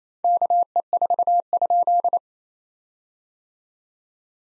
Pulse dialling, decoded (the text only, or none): none